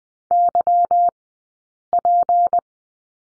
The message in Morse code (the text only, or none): YP